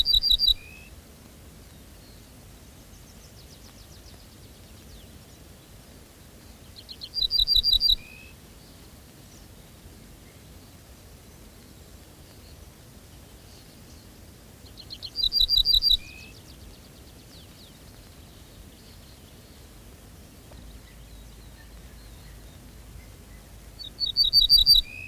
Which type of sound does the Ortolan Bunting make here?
song